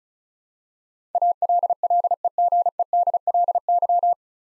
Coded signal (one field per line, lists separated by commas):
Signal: Morse code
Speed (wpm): 34 wpm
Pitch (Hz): 700 Hz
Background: none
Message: ALLEGEDLY